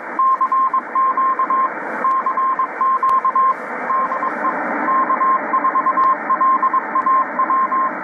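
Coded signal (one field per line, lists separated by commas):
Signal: Morse code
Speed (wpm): 22 wpm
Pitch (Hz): 1060 Hz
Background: radio noise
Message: CQ CQ DE K4LAW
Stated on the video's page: Shortwave signal received through a homebuilt passive upconverter with an RTL-SDR USB dongle.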